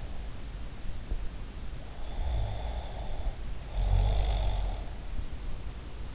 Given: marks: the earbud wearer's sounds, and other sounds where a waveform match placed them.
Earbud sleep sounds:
sounds in sleep by an in-ear microphone; snoring breath
2.07-4.83 s: snoring breath

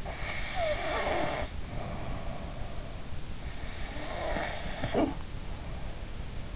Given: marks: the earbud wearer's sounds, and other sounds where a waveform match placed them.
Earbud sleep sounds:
sounds in sleep by an in-ear microphone; snoring breath
0.00-3.04 s: snoring breath
3.55-6.26 s: snoring breath

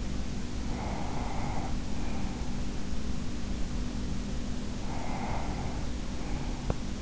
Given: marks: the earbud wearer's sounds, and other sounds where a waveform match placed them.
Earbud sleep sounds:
sounds in sleep by an in-ear microphone; breath
0.40-2.83 s: breath
4.77-7.02 s: breath

